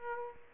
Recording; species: mosquito wingbeat signal from an infrared sensor; Aedes aegypti